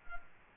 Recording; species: mosquito wingbeat signal from an infrared sensor; Culex quinquefasciatus